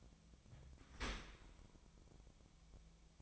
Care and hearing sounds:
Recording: daily activity, microphone in the room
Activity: open dishwasher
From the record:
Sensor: 1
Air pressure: 1006.9 hPa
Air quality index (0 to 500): 206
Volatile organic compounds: 23 ppm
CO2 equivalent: 2780 ppm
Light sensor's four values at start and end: 12/31/12/13 and 12/31/12/13

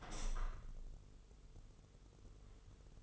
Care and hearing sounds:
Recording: daily activity, microphone in the room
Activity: open window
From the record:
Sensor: 4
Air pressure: 996.5 hPa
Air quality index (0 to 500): 80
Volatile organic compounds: 3 ppm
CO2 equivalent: 1510 ppm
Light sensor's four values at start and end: 20/53/20/22 and 21/55/22/23

